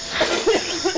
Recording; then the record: coughing mixed with background sound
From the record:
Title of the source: 61 morning phlegmy cough...again